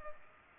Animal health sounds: mosquito wingbeat signal from an infrared sensor; Culex pipiens

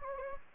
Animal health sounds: mosquito wingbeat signal from an infrared sensor; Anopheles gambiae

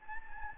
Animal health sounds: mosquito wingbeat signal from an infrared sensor; Anopheles gambiae

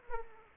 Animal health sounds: mosquito wingbeat signal from an infrared sensor; Aedes aegypti

